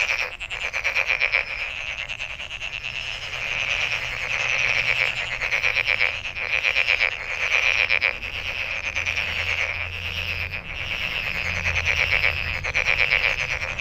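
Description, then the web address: Many frogs croak in a continuous high, pulsing chorus, rising and falling slightly in loudness, with a faint low hum underneath. Recorded 23 May 2008. "misc sound frog frog 20080523"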